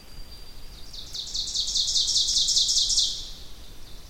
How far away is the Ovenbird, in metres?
about 15 m